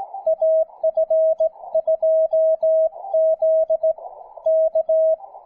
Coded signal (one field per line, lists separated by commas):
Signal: Morse code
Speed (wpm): 17 wpm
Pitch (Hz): 640 Hz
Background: music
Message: AF2Z K